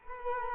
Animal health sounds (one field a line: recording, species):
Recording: mosquito wingbeat signal from an infrared sensor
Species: Culex quinquefasciatus